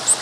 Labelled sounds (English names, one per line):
Blue-winged Warbler flight call